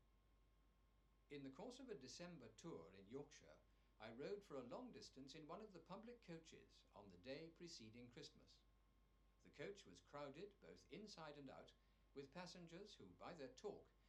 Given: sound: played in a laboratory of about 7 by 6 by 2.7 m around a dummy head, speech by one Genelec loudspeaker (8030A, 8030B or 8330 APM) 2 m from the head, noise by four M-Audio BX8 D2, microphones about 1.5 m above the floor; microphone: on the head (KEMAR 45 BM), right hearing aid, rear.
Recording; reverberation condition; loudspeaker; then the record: male speech in English; low; 150 degrees to the right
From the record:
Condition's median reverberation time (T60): about 310 ms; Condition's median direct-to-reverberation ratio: about 3.5 dB